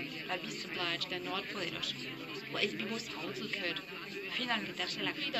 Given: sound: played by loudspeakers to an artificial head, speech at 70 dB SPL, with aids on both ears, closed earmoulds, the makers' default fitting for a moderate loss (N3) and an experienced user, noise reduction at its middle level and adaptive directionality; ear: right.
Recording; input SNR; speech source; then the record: speech test signal (ISTS) in cocktail-party noise; 0 dB; in front (0 degrees)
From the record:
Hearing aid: class 1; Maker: D